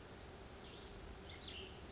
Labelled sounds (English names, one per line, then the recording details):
Western Flycatcher
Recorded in Sonoma County, California